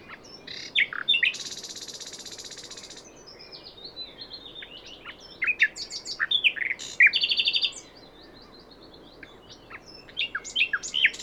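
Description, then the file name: Common nightingale song: varied sharp chirps, then a buzzy rattle lasting over a second, followed by scattered whistled and clicking notes and another brief buzzy burst. "Luscinia megarhynchos"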